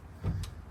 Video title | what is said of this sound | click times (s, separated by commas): Truck Tow Hitches. What You Need To Know!!! | Hear it pop loose. | 0.4 s